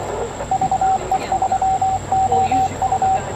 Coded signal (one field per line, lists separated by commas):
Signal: Morse code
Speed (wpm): 23 wpm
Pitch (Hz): 750 Hz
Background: radio noise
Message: VE3OU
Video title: W1HP Amateur Radio Solar Eclipse Reverse Beacon Network Exercise - August 21, 2017